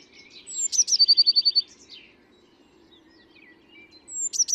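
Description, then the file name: Eurasian blue tit: thin high notes leading into a quick, even trill, with another phrase starting at the end; soft other bird notes and low hum. "Cyanistes caeruleus"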